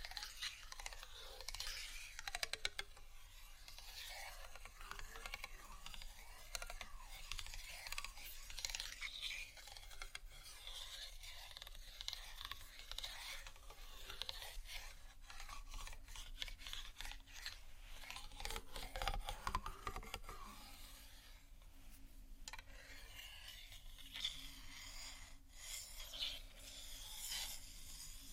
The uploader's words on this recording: Plastic, glass, rattle, tapping, scratching, waves.